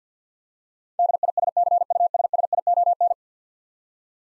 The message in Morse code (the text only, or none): DISCUSSION